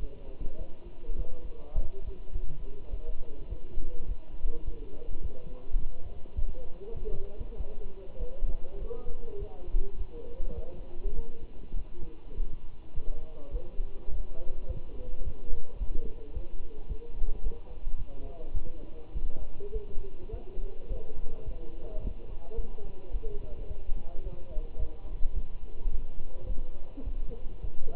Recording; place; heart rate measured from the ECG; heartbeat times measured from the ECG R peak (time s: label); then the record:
heart sounds by stethoscope; between the tricuspid and mitral areas; 104 bpm
0.01 s: heartbeat
0.59 s: heartbeat
1.18 s: heartbeat
1.75 s: heartbeat
2.33 s: heartbeat
2.91 s: heartbeat
3.49 s: heartbeat
4.07 s: heartbeat
4.66 s: heartbeat
5.23 s: heartbeat
5.79 s: heartbeat
6.35 s: heartbeat
6.95 s: heartbeat
7.58 s: heartbeat
8.19 s: heartbeat
8.79 s: heartbeat
9.40 s: heartbeat
9.98 s: heartbeat
10.56 s: heartbeat
11.15 s: heartbeat
11.76 s: heartbeat
12.36 s: heartbeat
12.95 s: heartbeat
13.53 s: heartbeat
14.10 s: heartbeat
14.68 s: heartbeat
15.25 s: heartbeat
15.79 s: heartbeat
16.34 s: heartbeat
16.89 s: heartbeat
17.43 s: heartbeat
17.98 s: heartbeat
18.54 s: heartbeat
19.15 s: heartbeat
19.73 s: heartbeat
20.32 s: heartbeat
20.90 s: heartbeat
21.46 s: heartbeat
22.02 s: heartbeat
22.57 s: heartbeat
23.13 s: heartbeat
23.69 s: heartbeat
24.24 s: heartbeat
24.79 s: heartbeat
25.35 s: heartbeat
25.92 s: heartbeat
26.49 s: heartbeat
27.05 s: heartbeat
27.62 s: heartbeat
From the record:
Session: walking at 3.7 km/h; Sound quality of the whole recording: good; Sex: male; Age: 24 years